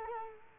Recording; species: mosquito wingbeat signal from an infrared sensor; Culex quinquefasciatus